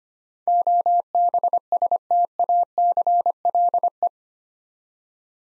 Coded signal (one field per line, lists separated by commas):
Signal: Morse code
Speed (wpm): 25 wpm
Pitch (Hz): 700 Hz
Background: none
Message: OBSTACLE